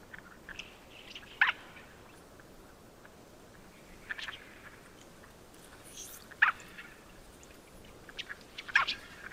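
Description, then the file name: Mandarin duck calls: short, sharp, explosive notes given singly every two to three seconds, with faint chattering of other birds in the background. "pato-mandarín-Aix-galericulata"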